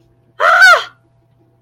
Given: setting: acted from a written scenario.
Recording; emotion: vocal sound without words; fear